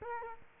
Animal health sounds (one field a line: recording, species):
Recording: mosquito wingbeat signal from an infrared sensor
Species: Culex quinquefasciatus